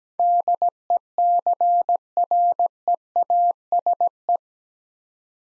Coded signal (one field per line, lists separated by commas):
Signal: Morse code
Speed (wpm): 17 wpm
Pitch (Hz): 700 Hz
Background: none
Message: DECREASE